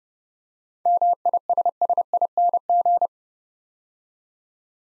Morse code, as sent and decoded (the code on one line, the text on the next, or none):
-- .. ... ... .. -. --.
MISSING